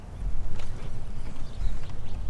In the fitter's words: and with a little bit of force we're going to pop it right into this shark bite you'll hear a pop when you go in